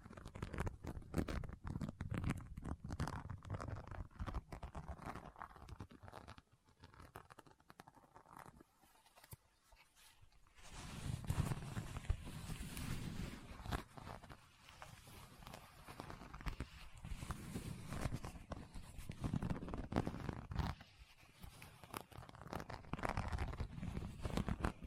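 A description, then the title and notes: Someone rummages through a bag, with dense, irregular rustling, scratching and sharp clicks of items being shifted, and a zipper-like rasp now and then. The handling eases into a near-silent lull around the ninth to tenth second, then resumes louder and continues busily to the end. ASMR What's In My Bag (No Talking).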